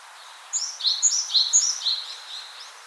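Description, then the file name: Great tit singing a quick string of see-saw phrases, each a high thin note sliding into a lower one, about four in a row before trailing off. "Parus major"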